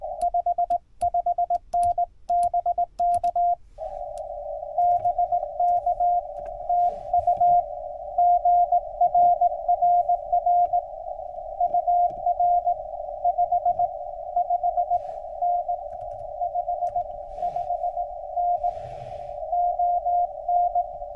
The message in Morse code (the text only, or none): 55N BK BK TU GRRR UR 55N 55N ON